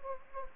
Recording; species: mosquito wingbeat signal from an infrared sensor; Anopheles gambiae